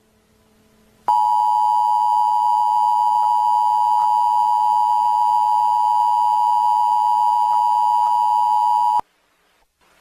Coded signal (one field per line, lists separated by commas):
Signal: Emergency Alert System (SAME) tones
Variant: 853 and 960 Hz attention tone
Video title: S1 E7: Emergency Alert System